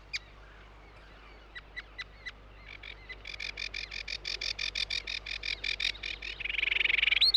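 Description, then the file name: Sedge Warbler song: scattered sharp ticks build into fast repeated chattering phrases, ending in a rapid high buzzy trill. "De Vogels - Rietzanger"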